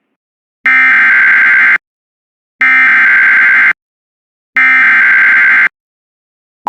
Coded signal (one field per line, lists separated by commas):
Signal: Emergency Alert System (SAME) tones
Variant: header bursts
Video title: EAS #270 Severe Thunderstorm Warning On WJON-IQ